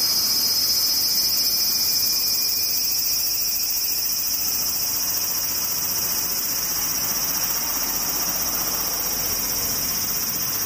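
Cicadas drone in a steady, dense high-pitched buzz with sharp bright bands, unchanging throughout, over a faint low rumble beneath.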